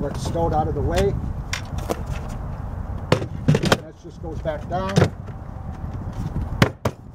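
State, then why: Seated. In a minivan camper, after the dinette table is removed, a fold-down seat or bed section is lowered back down while someone talks. Several knocks and clatters are heard along the way. Sharp clicks at 6.6 and 6.9 seconds mark the section locking into place.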